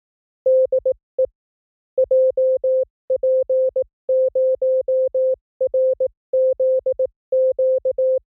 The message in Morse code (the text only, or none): DE JP0RZQ